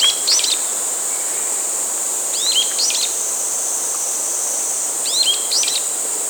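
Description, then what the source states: Brown-eared bulbul calling, clusters of shrill slurred notes repeated roughly every two and a half seconds, with a constant high-pitched insect hum behind. 27 July 2016.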